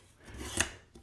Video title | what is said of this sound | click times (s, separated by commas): Hang Your AR15 On The Wall! | This is going to have a little piece that kind of locks into place here. You can hear it snap into place. | 0.6 s